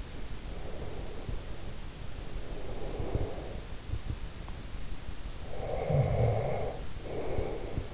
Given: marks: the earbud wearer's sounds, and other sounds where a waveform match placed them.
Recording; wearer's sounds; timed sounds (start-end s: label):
sounds in sleep by an in-ear microphone; breath, snoring breath
0.40-3.57 s: breath
5.37-7.94 s: snoring breath